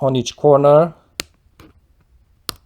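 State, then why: Seated. Someone talks, then a plastic keyboard key cap is pressed back onto its scissor mechanism on a Chromebook, one corner at a time. Sharp clicks ring out at 1.2 s and 2.5 s, with faint ticks between them, as the attachment clips snap home and the key cap is seated.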